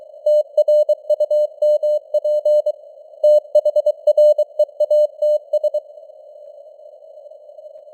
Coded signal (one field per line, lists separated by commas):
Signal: Morse code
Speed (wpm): 23 wpm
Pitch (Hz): 600 Hz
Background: none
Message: TRUMP THREATS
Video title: Morse Code News | 2026-01-05 | 23wpm